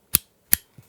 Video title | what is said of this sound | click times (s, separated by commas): WAS I CRAZY? Putting my Pocket 3 on the hood of my car? | It clicks in place, so your camera or whatever you're using | 0.2 s, 0.5 s